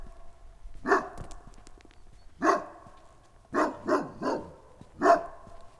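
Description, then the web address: St. Bernard gives a few hoarse, deep barks, singles and a quick triple, over a faint steady background hum. Farmyard recording of a St. Bernard in Nagykőrös, Hungary. "allathangok parasztudvar kutya bernathegyi nagykoros"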